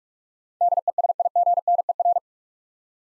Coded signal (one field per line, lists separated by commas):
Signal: Morse code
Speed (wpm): 42 wpm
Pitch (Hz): 700 Hz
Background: none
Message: DESIGNER